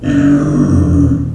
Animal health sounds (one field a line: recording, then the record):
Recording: squeal of a Yucatan mini pig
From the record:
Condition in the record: after surgery on the right vocal fold (resection and tissue-engineered implant)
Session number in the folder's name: 6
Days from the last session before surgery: 40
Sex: female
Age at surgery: 19 weeks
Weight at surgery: 25 kg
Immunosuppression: prednisolone